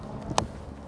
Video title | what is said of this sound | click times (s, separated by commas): H-King Super Kinetic Sport Glider: ESSENTIAL RC FLIGHT TEST | that back in the fool clicks | 0.4 s